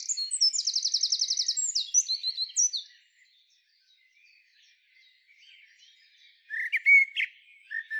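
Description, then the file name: Eurasian blackbird song: a rapid high chattering trill, a quiet gap, then a mellow whistled phrase with squeaky notes. "Turdus merula"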